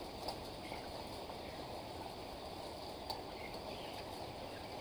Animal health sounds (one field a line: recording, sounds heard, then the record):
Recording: poultry house recording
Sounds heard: healthy chickens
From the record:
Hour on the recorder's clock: 14